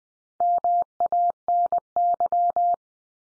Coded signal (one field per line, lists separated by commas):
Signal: Morse code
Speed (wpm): 20 wpm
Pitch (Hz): 700 Hz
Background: none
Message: MANY